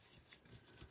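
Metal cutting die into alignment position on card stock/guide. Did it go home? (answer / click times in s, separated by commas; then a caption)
yes / 0.3 s. A metal paper-crafting cutting die is slid across card stock, lined up by feeling the alignment dots, and gives a short, faint click at 0.3 s as it seats into its alignment position. Soft rubbing and low background noise fill the rest of the clip.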